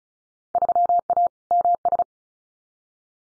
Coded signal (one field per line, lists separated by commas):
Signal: Morse code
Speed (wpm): 36 wpm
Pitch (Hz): 700 Hz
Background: none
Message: 3A MS